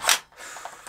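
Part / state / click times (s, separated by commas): airsoft magazine into replica rifle magazine well / seated / 0.9 s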